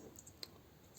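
The plastic legs of a transforming robot toy are extended until their ratchet joints click into place. Two soft, high clicks sound at 0.2 and 0.3 seconds, followed by a sharper, louder click at 0.4 seconds over a quiet background. The joints seat.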